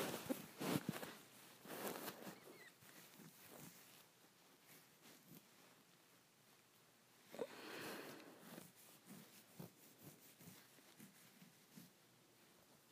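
Fingers scratching a head make a run of dry, rasping strokes, dense and loud in the first two seconds, then thinning into scattered short scrapes. A second burst of rubbing swells around seven to eight seconds before fading back to light, irregular scratches until the end.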